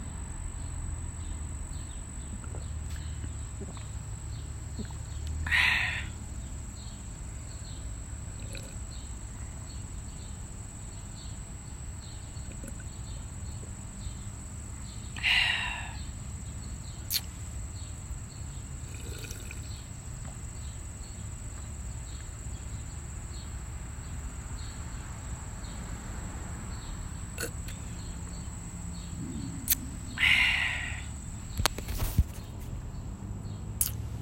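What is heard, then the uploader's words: Three short sips or gulps of drinking water, roughly ten seconds apart, over a low steady rumble and a faint constant high whine. Drinking water ASMR style.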